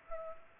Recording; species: mosquito wingbeat signal from an infrared sensor; Culex pipiens